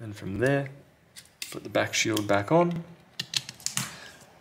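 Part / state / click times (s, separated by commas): plastic back shield onto phone frame / seated / 3.2 s, 3.7 s, 3.8 s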